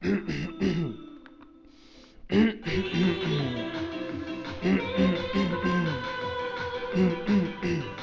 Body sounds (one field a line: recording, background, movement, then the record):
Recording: throat clearing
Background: music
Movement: sitting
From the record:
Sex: male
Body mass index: 21.0 kg/m2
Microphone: on the chest, facing outward